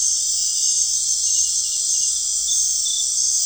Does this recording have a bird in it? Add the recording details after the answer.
no. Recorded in dense forest near Puerto Asís, Putumayo, Colombia, on 4 March 2025 at 19:30. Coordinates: 0.499, -76.324. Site GP03